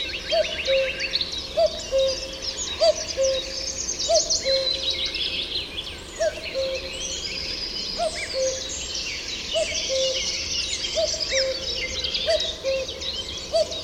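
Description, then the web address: Common cuckoo song: a steady run of two-note cu-coo calls, higher then lower, repeated about every 1.2 seconds, over a busy chorus of high chirping songbirds. "chant didier collin coucou gris"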